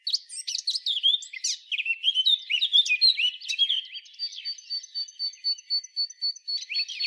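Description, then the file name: Eurasian blackcap with a lively, varied warble of twitters and slurred notes, followed by a thin, high note repeated steadily several times a second. "Sylvia atricapilla"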